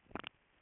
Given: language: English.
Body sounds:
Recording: throat vibration sensor signal played as sound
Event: swallow

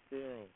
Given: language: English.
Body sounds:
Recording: throat vibration sensor signal played as sound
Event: speech

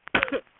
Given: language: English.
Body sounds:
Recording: throat vibration sensor signal played as sound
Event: cough

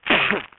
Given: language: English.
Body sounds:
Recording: throat vibration sensor signal played as sound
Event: cough

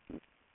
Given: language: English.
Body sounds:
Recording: throat vibration sensor signal played as sound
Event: swallow

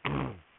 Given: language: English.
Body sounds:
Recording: throat vibration sensor signal played as sound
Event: throat clearing

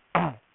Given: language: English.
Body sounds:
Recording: throat vibration sensor signal played as sound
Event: throat clearing

